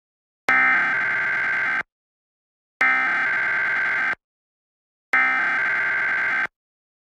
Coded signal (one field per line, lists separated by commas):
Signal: Emergency Alert System (SAME) tones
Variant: header bursts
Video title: EAS 5 Minutes Alert Test